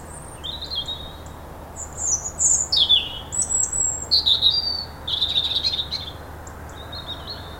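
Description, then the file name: European robin song: a string of high, thin, varied warbled phrases with quick trills and slurred whistles, sung almost continuously, over a faint low hum. "Erithacus rubecula"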